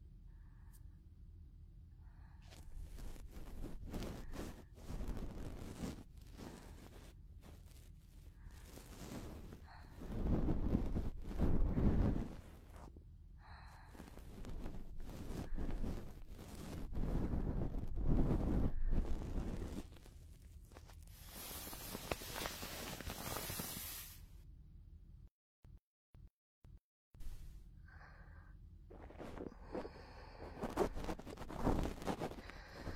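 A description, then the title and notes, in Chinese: Close-up ear cleaning: soft scratching and rubbing come in bursts, with breathing audible in between. Louder, fuller swells around 10 to 12 and 17 to 19 seconds, a bright hissing stretch near 22 seconds, then brief near-silent gaps around 26 seconds before scraping resumes. 近距离掏耳（可以听到呼吸声的那种）。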